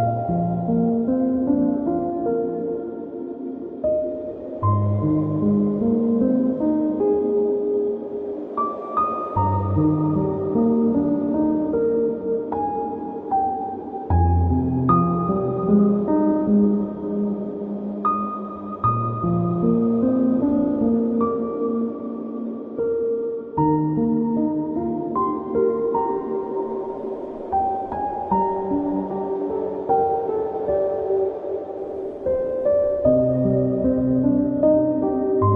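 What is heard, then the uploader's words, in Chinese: Gentle piano music plays continuously, with flowing melodies in the middle range over warm, sustained low bass notes. Chords shift every few seconds at an unhurried, even pace, and the level stays steady throughout, with the sound mellow rather than bright. 咖啡厅氛围听着美妙的钢琴曲音乐。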